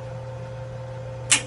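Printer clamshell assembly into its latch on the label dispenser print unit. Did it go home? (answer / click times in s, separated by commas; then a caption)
yes / 1.3 s. The hinged clamshell assembly of a label dispenser's print unit is flipped back closed over the label stock and wax paper take-up spool. A steady low hum runs throughout, then a single sharp click at 1.3 s is heard as the clamshell latches shut, locked into place.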